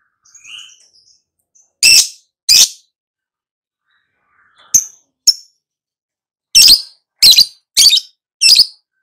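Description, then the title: Lovebird screeches, loud shrill bursts coming in pairs and clusters with gaps between, plus a few thinner high chirps. Meant to prompt a lovebird to respond (nyaut) and sing vigorously (gacor). "Pancingan Lovebird Agar Nyaut GACOR."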